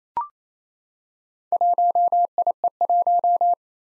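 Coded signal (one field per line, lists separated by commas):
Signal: Morse code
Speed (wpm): 28 wpm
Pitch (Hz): 700 Hz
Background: none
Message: 1IE1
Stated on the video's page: Morse drill at 28 wpm of four-character combinations of confusable letters and numbers, sent, spoken, then sent again.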